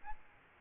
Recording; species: mosquito wingbeat signal from an infrared sensor; Aedes albopictus